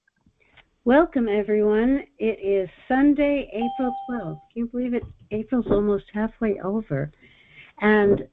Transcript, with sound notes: Welcome, everyone. It is Sunday, April 12th (bell rings) . Can you believe it? April's almost halfway over